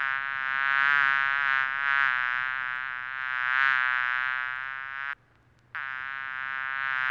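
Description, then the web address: Bee buzzing, a steady, loud, droning hum that swells and fades slightly, breaks off abruptly for about half a second, then resumes. "dzwieki natury pszczola"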